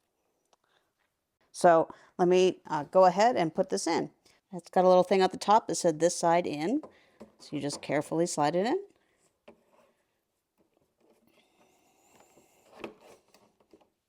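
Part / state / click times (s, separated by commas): replacement HEPA filter into air purifier housing / seated / 12.8 s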